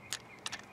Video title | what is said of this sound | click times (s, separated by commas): Transformers Prime First Edition Optimus Prime | and that just snaps into place | 0.1 s, 0.5 s